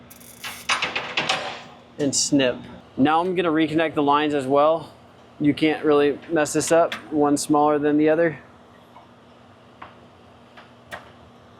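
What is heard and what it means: Fuel line quick connectors are handled and matched to the fuel tank line fittings by size, one line being smaller than the other, during installation of an S&B 64-gallon fuel tank on a 2011–19 Chevy Silverado or GMC Sierra 2500/3500 Crew Cab Long Bed 6.6L. A few sharp handling clatters come near 1.0–1.3 s and a faint tick at 9.8 s while someone talks. Nothing has been pressed on or clicked into place yet.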